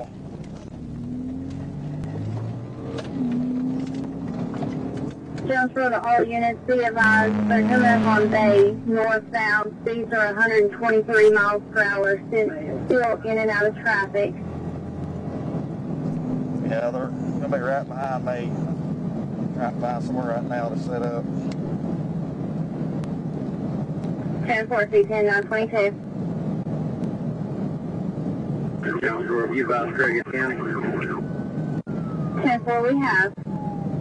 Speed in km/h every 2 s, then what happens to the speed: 61, 84, 105, 119, 132, 151, 156, 163, 166, 172, 174, 172, 172, 172, 172, 171, 169.
0-20 speeds up to 174.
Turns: none.